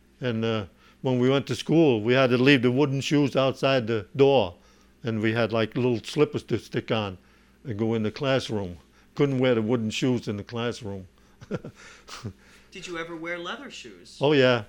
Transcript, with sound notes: And when we went to school we had to leave the wooden shoes outside the door and we had, like, little slippers to stick on and go in the classroom. We couldn't wear the wooden shoes in the classroom. ( he laughs )
Did you ever wear leather shoes?
Oh, yeah.